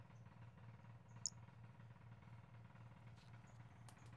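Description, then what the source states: Pumpkin toadlet call: a single sharp, very high-pitched chirp early on, with fainter similar notes scattered around it over a steady low hum. Recorded on 5 February 2016.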